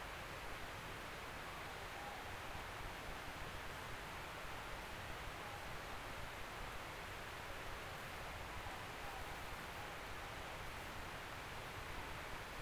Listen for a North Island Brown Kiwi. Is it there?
no